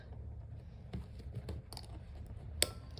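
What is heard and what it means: A metal snap clasp on a crochet handbag is pressed firmly and closed after not shutting properly when pressed lightly. Soft handling taps come first, then the clasp snaps shut with one sharp, bright click at 2.6 s. The clasp is seated and closed properly.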